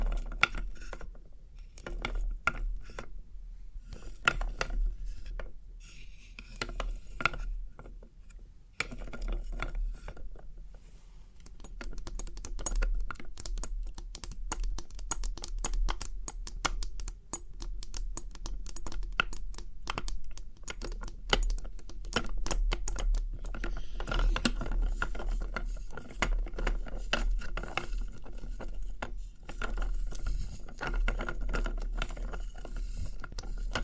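Quick clicks and taps from test tubes, sparse and uneven for the first ten seconds, then a dense, busy rattle of small sharp ticks for the rest. The clicking sounds crisp, almost like typing or a ratchet, over a steady low hum.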